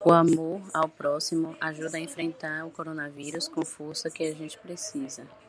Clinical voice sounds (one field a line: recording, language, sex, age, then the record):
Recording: spoken sentence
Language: Brazilian Portuguese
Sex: female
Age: 30 to 39 years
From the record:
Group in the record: control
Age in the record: 39 years